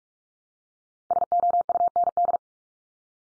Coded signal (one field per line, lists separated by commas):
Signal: Morse code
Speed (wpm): 44 wpm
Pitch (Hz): 700 Hz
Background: none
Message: SOUND